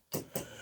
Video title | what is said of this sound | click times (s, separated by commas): Пилосос DYSON V15 detekt absolute. Розпаковка, огляд, характеристики, комплектація, тест | паз в паз і до щілчка. | 0.4 s